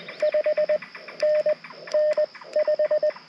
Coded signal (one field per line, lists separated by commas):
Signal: Morse code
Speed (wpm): 20 wpm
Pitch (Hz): 610 Hz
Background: none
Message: 5NN 5